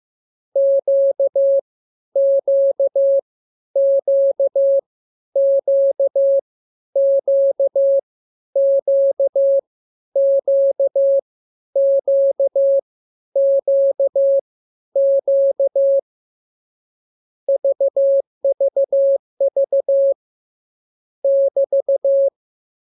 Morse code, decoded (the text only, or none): Q Q Q Q Q Q Q Q Q Q VVV <BT>